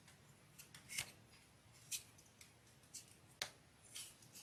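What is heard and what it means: A small wooden piece is pressed into a slot on a ROKR Army Field Car model, with soft scratchy handling sounds before a sharp pop at 3.4 s as it goes in. The piece does not hold and falls right back out.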